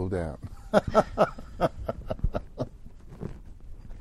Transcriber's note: laughing